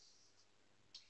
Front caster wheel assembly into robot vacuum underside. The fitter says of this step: that's good front wheel assembly it just pops into place get a little push you can hear it click this